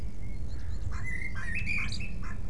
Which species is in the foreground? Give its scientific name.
Cyanistes caeruleus